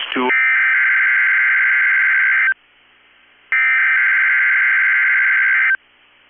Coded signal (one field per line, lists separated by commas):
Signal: Emergency Alert System (SAME) tones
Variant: header bursts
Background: speech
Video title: 6/29/22 - KEC65 Required Weekly Test (EAS #568)